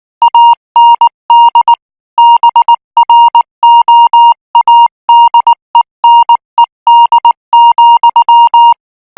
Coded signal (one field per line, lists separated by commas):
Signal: Morse code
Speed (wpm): 19 wpm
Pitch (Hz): 940 Hz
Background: music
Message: AND BROADENED,